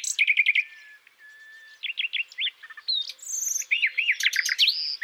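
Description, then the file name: Common nightingale song with quick repeated chirps, a short pure whistled note, then bright looping slurred notes and high buzzy flourishes. "Luscinia megarhynchos"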